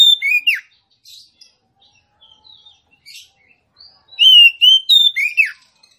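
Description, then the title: Oriental magpie-robin song: a loud run of clear whistled notes, level then rising, ending in a sharp downward sweep, after soft scratchy chirps and pauses. Female song, used to lure a male whose singing has stalled into singing and fighting back at once. "Kacer Langsung Tarung Konslet KACER NGOTOT FULL TEMBAKAN. Suara kacer betinamemancing kacer jantan yg macet bunyi"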